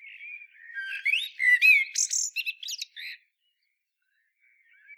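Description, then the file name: Eurasian blackbird song, one rich mellow phrase rising into a scratchy high twitter, then silence with a faint soft note at the end. "Turdus merula"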